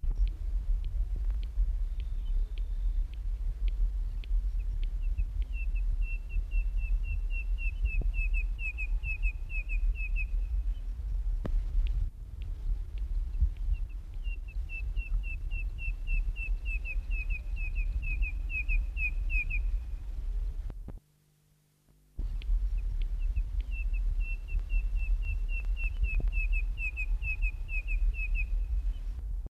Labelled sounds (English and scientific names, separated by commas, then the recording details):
Red-crested Korhaan (Lophotis ruficrista) call
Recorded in captivity
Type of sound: call
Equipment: Halbspur, 9,5 cm/s
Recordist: Lütgens, Hans
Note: Rufe